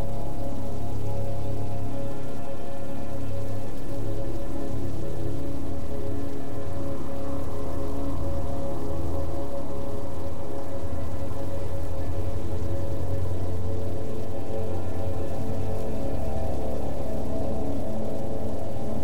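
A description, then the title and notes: A prominent low drone holds steady throughout, with sustained synth tones layered above it that drift slowly rather than moving in distinct notes. A constant soft hiss of rain runs over the whole piece, dense and even, with no sudden events. Haunting and relaxing ambient track with RAIN sounds. A prominent drone and a ethereal synth melody, accompanied by the sound of rain to create a moody and introspective soundscape.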